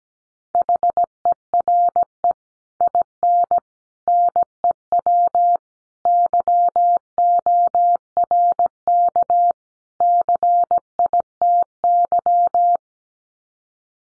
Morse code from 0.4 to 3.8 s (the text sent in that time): HERE IN